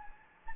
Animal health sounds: mosquito wingbeat signal from an infrared sensor; Anopheles gambiae

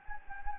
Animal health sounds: mosquito wingbeat signal from an infrared sensor; Anopheles gambiae

